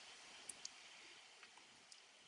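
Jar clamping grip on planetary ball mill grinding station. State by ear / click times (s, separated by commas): seated / 0.5 s, 0.7 s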